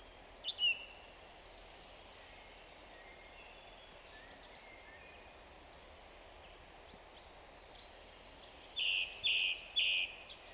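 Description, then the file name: Song thrush song: scattered faint high notes, then a short bright phrase repeated three times in quick succession near the end, over steady background hiss and thin whistles. "Zanglijster Turdus philomelos"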